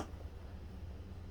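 A plastic post-motor filter is being handled and slid up into the front of a Dirt Devil Multi-Surface Total Home Pet vacuum (UD76410), a part that wasn't installed out of the box. There is a brief soft rustle at the very start, then a steady low hum with faint handling noise. Nothing has seated or clicked yet.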